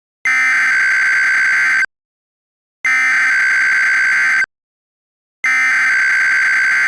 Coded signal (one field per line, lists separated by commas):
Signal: Emergency Alert System (SAME) tones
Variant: header bursts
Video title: that nuke scene from The Sum Of All Fears but it's an EAS mock